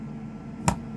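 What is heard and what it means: A magnetic charge adapter, mounted to the back of a Nanuk 940 case and lit by a blue LED, pulls onto a wireless speaker sitting in its 3D-printed cradle in the case lid. A single short, sharp click sounds at 0.7 s over a quiet background as the connector snaps on and seats in place.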